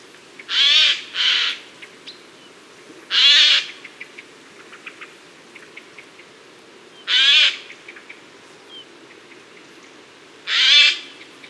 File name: garrulus glandarius